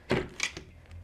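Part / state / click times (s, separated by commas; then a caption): seat clips onto shower chair frame / not seated / none. A seat with clips is being handled onto a shower chair frame, giving a soft knock near 0.1 s, a sharper tap around 0.4 s, and faint small ticks after. Nothing has seated or clicked yet; the clips are not yet snapped into place.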